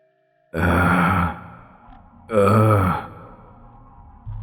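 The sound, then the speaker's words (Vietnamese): A monstrous creature's breathing, growing clearer as it draws closer: two long, heavy, rasping breaths, deep and loud, with low growling undertones and a hiss in the highs, separated by a short pause; a third breath begins at the end. No talking. “Cái tiếng thở càng ngày càng rõ ràng hơn. Cha mẹ ơi, nó sắp tới đây rồi.”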